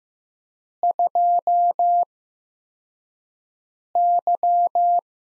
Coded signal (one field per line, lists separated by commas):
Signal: Morse code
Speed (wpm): 15 wpm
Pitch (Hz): 700 Hz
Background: none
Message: 2Y